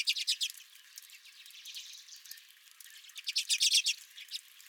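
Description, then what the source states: Redpolls chattering, quick dry trilled notes in two bursts at the start and near the end, with softer twittering between. At the recordist's own feeder.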